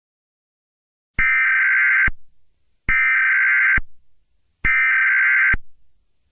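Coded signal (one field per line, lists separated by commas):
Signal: Emergency Alert System (SAME) tones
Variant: header bursts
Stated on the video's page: Fictional EAS scenario based on a Roblox game.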